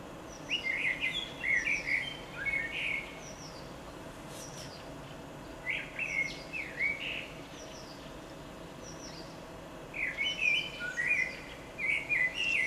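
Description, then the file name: Common blackbird song: several bursts of fluted warbling phrases with higher squeaky notes, separated by pauses of a few seconds over steady faint background hiss. "Koltrast"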